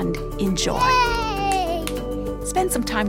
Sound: child clapping

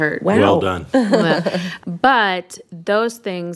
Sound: laughter

